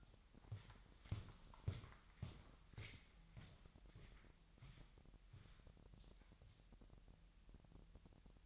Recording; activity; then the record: daily activity, microphone in the room; walk to room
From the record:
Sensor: 3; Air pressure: 1002.0 hPa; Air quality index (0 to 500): 246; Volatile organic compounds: 48 ppm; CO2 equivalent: 3272 ppm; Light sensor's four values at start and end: 9/22/9/9 and 10/23/9/10